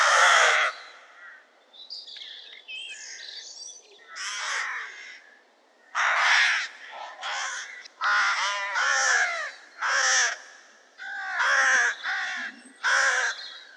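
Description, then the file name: Crows calling: a busy, irregular series of harsh, raspy caws, with some softer notes between the louder calls. Recorded at Market Weighton on 7 June 2014. "Crows Market Weigton"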